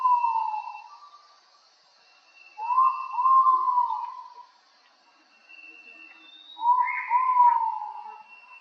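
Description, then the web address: Ivory-breasted pitta giving mellow, hollow whistled phrases of two slurred notes, repeated roughly every three to four seconds, with a thin, high steady tone in the background. Indonesia. "ULM-DS-Lab indonesian-bird-sounds. Pitta maxima"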